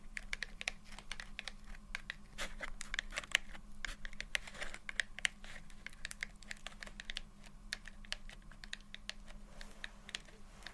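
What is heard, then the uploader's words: Gentle tapping and scratching comes in quick, irregular bursts of crisp clicks, like fingertips on a hard surface, busiest in the first five seconds and then thinning slightly. A steady low hum sits underneath throughout. ASMR Low Light SoftGentle Tapping & Scratching For Sleep (No Talking).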